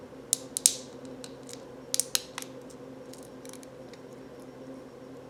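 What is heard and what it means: The seams of a plastic cable raceway are folded firmly closed around a control wire. A series of sharp snaps sounds at 0.3, 0.6, 0.7, 1.9, 2.0 and 2.2 seconds as the seams snap together and seat.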